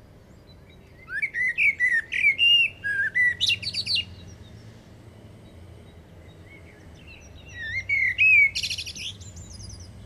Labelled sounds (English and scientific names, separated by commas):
Common Blackbird (Turdus merula) song